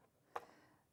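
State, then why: Seated. The angle-setting side dial on a plastic paper scoring and envelope tool is turned to the 45° arrow mark and locks into place with a single sharp click at 0.4 s. Only a faint background hiss is heard before and after.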